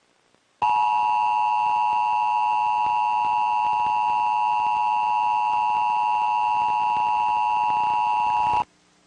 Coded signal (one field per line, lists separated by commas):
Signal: Emergency Alert System (SAME) tones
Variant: 853 and 960 Hz attention tone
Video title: joey and his dad got emergency alert system